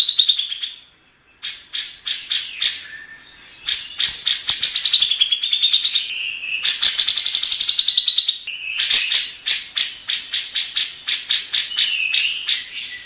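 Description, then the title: Grey-cheeked bulbul song: repeated bursts of rapid harsh notes, some sliding downward in pitch, separated by short pauses across the whole passage. Long-duration master song used for training songbirds. "Cucak Jenggot Masteran Durasi Panjang"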